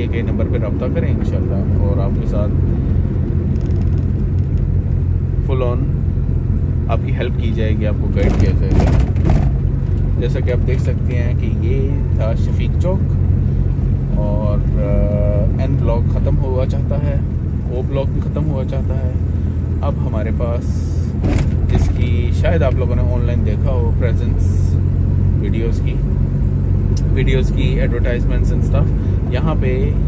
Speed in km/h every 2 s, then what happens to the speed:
27, 22, 17, 18, 18, 19, 20, 19, 18, 18, 19, 19, 20, 21, 21.
0-3 slows to 17. 3-30 steady at about 19.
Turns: none.